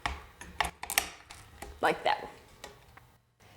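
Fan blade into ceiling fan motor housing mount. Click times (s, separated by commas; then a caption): 1.0 s. A ceiling fan blade is pushed into its mount on the fan motor housing and snaps into place. Several sharp clicks are heard, with the loudest snap at 0.98 s. Someone talks during the clip.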